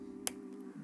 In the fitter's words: one had a nice click on there as well